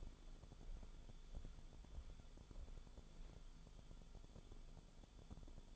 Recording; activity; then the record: daily activity, microphone in the room; walk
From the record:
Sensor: 5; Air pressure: 1015.4 hPa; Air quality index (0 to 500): 176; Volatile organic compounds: 6 ppm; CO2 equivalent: 1909 ppm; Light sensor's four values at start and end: 31/72/28/26 and 31/73/28/26